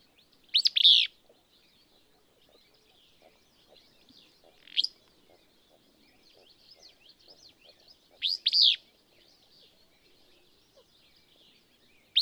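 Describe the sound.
Willow Flycatcher giving sneezy, buzzy phrases about every four seconds, with faint soft notes between.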